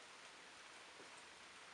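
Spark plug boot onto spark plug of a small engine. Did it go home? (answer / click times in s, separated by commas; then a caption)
no / none. The rubber spark plug boot, or cover, is pushed back onto the newly installed spark plug of a John Deere lawn tractor engine during a tune-up. A steady, even broadband hiss fills the whole clip, with no distinct hits standing out. The boot has not snapped into place yet, and nothing has seated or clicked.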